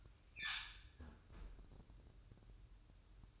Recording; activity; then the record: daily activity, microphone in the room; close fridge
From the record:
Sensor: 2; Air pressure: 1007.6 hPa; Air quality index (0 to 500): 54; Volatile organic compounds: 1 ppm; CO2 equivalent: 578 ppm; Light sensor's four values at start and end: 9/22/9/10 and 9/22/9/10